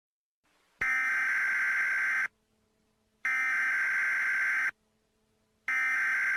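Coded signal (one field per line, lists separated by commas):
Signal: Emergency Alert System (SAME) tones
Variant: header bursts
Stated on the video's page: Fictional skit of an emergency alert for Black Friday; a recreation, not a real broadcast.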